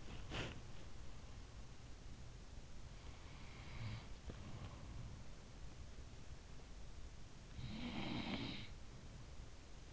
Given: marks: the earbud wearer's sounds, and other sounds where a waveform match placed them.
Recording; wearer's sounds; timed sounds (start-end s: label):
sounds in sleep by an in-ear microphone; body movement
0.00-0.84 s: body movement
3.51-5.32 s: sound from someone else or the room
7.56-8.98 s: sound from someone else or the room